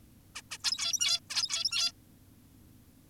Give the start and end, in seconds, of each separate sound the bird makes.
0.36-0.42, 0.51-0.58, 0.64-1.20, 1.30-1.92